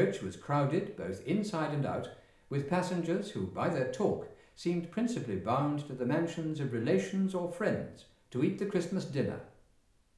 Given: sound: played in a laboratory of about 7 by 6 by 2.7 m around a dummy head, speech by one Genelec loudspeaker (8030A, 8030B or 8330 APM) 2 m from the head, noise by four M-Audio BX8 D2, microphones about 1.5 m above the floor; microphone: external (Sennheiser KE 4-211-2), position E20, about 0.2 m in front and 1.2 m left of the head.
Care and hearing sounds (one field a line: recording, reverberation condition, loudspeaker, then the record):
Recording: male speech in English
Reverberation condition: medium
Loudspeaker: 120 degrees to the left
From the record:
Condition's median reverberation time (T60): about 510 ms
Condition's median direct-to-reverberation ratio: about -0.5 dB